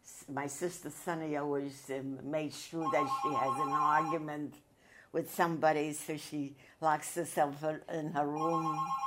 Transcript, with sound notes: my sister Sunny always made sure (phone rings) that she has an argument with somebody so she locks herself in her room,